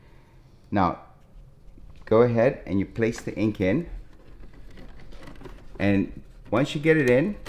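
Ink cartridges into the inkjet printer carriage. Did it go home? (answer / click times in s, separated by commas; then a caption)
no / none. Ink cartridges are set into the carriage slots of an Epson edible ink inkjet printer and handled before being pushed down to lock. Someone talks, with soft handling noises around 2.0 s and between 4.7 and 5.4 s. No cartridge has clicked or locked into place yet.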